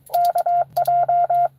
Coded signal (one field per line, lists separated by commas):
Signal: Morse code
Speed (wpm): 23 wpm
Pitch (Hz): 700 Hz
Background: none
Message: KJ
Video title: N2AKJ is live! Doing pota at us-2149 #pota #ssb